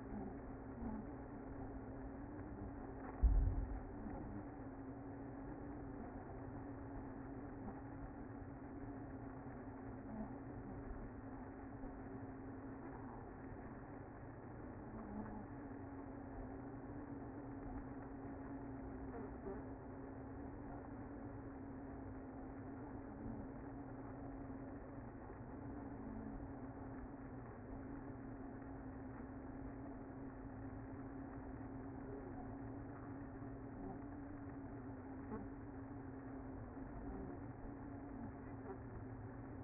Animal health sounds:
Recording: honeybee colony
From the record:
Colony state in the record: active

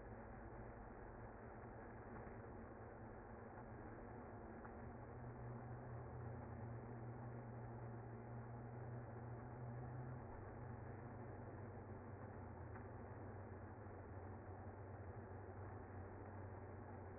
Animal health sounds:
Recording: honeybee colony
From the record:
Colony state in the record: active

